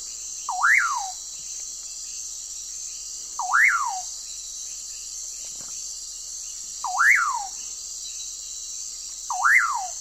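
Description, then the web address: Common pauraque giving a whistled call, a short low note then a slurred rise and fall, repeated four times about every three seconds over a steady high insect drone. Eastern lowlands of South America. "Natures Songs S America Eastern Lowlands. Pauraque"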